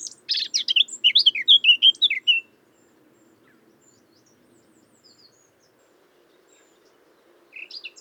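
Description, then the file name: Eurasian blackcap song: a quick burst of scratchy warbling and fluty notes for about two seconds, then quiet, with a short new phrase starting at the end. "Sylvia atricapilla"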